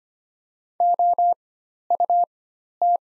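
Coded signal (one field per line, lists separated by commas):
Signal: Morse code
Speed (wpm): 25 wpm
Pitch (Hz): 700 Hz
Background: none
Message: OUT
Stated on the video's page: Morse practice set of the top 100 words at 25 wpm with Farnsworth timing at four-times character spacing.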